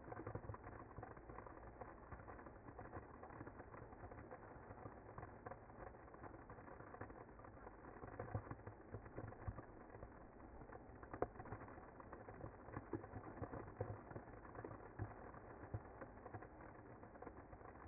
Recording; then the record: honeybee colony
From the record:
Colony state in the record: active